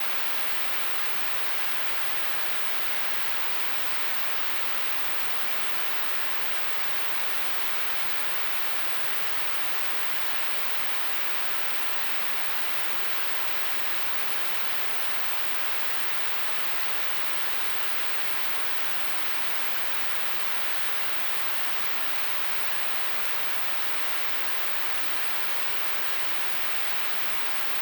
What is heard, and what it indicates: Tinnitus.